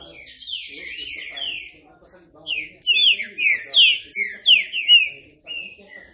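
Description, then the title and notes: Green-winged saltator: rich, slurred whistles tumbling downward, then a run of loud whistled phrases, with softer lower chatter in the background. Classic song style (canto clássico), used for training. "Canto Clássico Trinca Ferro TREINAMENTO. trinca fero"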